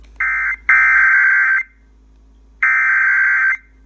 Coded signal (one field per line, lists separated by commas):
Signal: Emergency Alert System (SAME) tones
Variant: header bursts